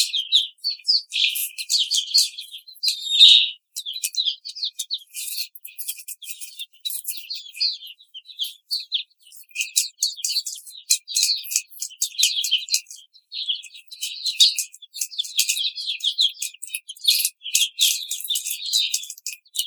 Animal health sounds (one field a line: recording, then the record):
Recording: young laying hens in a cage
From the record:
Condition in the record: treatment cage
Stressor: simulated dog barking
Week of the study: 5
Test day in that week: 1